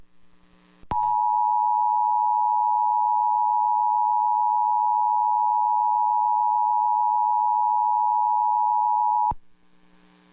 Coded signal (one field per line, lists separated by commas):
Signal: Emergency Alert System (SAME) tones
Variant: 853 and 960 Hz attention tone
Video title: EAS Alerts from 6/16/23